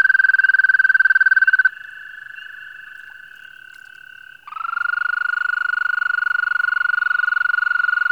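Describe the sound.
American toad trills: a steady musical trill for under two seconds, then a weaker trill at a similar pitch, and a louder trill taking over from about four and a half seconds.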